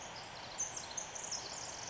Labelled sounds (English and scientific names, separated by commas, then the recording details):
Pacific Wren (Troglodytes pacificus)
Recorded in Sonoma County, California